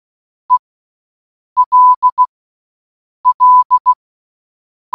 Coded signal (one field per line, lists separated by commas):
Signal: Morse code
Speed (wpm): 16 wpm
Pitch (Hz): 1000 Hz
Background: none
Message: ELL